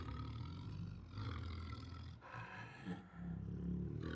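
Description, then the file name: Siberian tiger's low, continuous rumbling growl with rough, throbbing pulses and a few louder swells. Protective growls, roars and snarls. "Siberian Tiger Protective Growls, Roars and Snarls 3 [Sound Ideas]"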